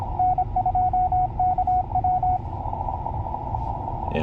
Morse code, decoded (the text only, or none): N2KW